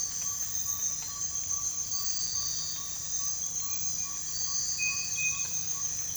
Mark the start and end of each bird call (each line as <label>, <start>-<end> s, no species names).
bird call, 0.00-5.89 s